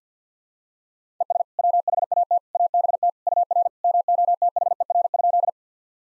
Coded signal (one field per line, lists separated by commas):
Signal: Morse code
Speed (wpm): 50 wpm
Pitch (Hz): 700 Hz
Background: none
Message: ES WHAT ABT UR MOTHER?